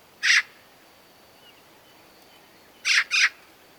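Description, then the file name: Eurasian magpie: one grating chack, a pause of over two seconds, then a quick double chack-chack, all harsh and noisy. "Pica pica"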